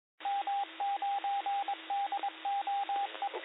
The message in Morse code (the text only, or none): M9DOE